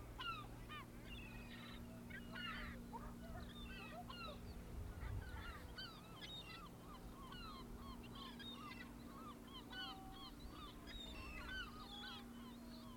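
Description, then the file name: Gulls calling in a dense, overlapping chorus of short squealing and mewing notes throughout, with a steady low hum underneath. "Seagulls"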